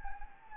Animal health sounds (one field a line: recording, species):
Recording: mosquito wingbeat signal from an infrared sensor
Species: Anopheles gambiae